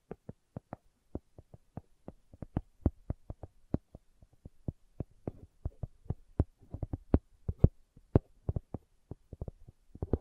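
Slow, sharp taps land one after another with small irregular gaps, some doubled or clustered, each a dry click over near silence.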